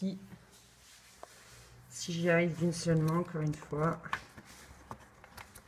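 A plastic decorative trim cap is being fitted one-handed onto the side of an IKEA drawer while someone talks. Faint handling taps and small plastic contacts are heard, with a few sharp ticks near the end. Nothing has seated or clicked yet.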